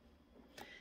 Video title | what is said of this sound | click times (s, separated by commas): The CAT episode 🐈 The Captains Miniature companion! | it snaps in place and it holds secure so that while | 0.6 s